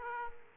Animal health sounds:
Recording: mosquito wingbeat signal from an infrared sensor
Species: Aedes aegypti

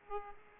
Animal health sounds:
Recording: mosquito wingbeat signal from an infrared sensor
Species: Aedes aegypti

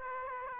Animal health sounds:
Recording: mosquito wingbeat signal from an infrared sensor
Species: Aedes aegypti

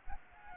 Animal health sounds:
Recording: mosquito wingbeat signal from an infrared sensor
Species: Aedes aegypti

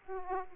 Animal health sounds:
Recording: mosquito wingbeat signal from an infrared sensor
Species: Aedes aegypti

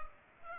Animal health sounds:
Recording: mosquito wingbeat signal from an infrared sensor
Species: Culex pipiens

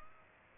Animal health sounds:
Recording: mosquito wingbeat signal from an infrared sensor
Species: Aedes aegypti

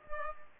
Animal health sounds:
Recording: mosquito wingbeat signal from an infrared sensor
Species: Culex pipiens

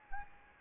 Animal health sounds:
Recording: mosquito wingbeat signal from an infrared sensor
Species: Anopheles gambiae

